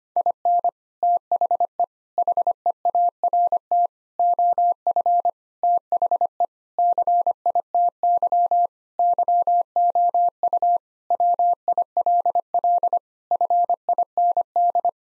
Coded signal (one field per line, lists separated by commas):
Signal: Morse code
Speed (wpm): 25 wpm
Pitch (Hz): 700 Hz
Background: none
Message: IN THE HEART OF THE CITY YOU WILL FIND